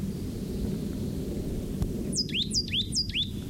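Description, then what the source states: Plain titmouse song: three quick repeated phrases, each a high note sweeping down then rising again, over a steady low rumble. Singing from spaced live oaks about 10 feet tall, grassy understory with bays, poison oak and bigleaf maple, at edge of dense oak draw; possibly the same bird recorded calling earlier, or male of pair.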